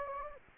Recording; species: mosquito wingbeat signal from an infrared sensor; Anopheles gambiae